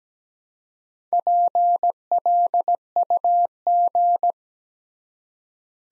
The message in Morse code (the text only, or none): PLUG